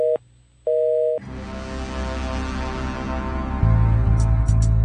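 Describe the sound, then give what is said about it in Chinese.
Two steady, mid-pitched electronic telephone beeps separated by a short gap, following a recorded message that the dialed number is not registered to any user, then a loud, dense burst of dramatic music with low pulsing notes takes over. “你所登号码未有用户登记。”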